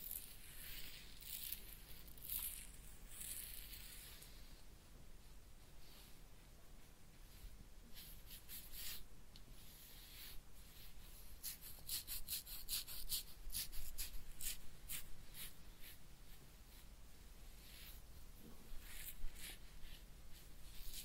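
A head massage and ear cleaning, heard as a close series of dry scratching and brushing strokes. Short bright rustles come in bursts, thickest between about eight and sixteen seconds, over a steady low hum that runs underneath throughout.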